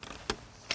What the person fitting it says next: Nou, zo. Dat is goed vergrendeld.